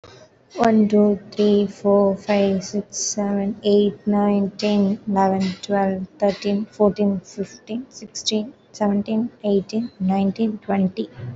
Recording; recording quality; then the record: counting at a normal pace; excellent, no background noise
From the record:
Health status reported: healthy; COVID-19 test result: not tested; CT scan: not taken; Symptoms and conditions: none ticked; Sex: female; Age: 24 years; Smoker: no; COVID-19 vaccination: both doses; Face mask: worn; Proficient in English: yes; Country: India